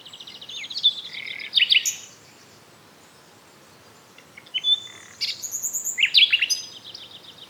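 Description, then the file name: Common nightingale song: a quick chattering phrase, a few silent seconds, then whistled notes and a rapid trill. "Luscinia megarhynchos"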